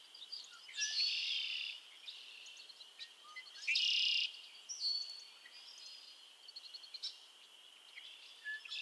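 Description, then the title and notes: Frog chorus: a constant high-pitched drone broken by a few louder buzzy trills, each lasting about a second, with scattered short chirps. Chorus of frogs calling to one another on a summer evening at Miners Marsh, Annapolis Valley, Nova Scotia. "Theraphonia - Frogsong at Miners Marsh. A chorus of frogs croon to one another on an idyllic summer evening in Miners Marsh, Annapolis Valley, Nova Scotia"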